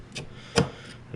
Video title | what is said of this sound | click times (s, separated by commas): CanAm Outlander Repair, Wheel Bearings, Tie Rods, Ball Joint, Axle | until there it goes it actually snaps in place into that shoulder in there | 0.6 s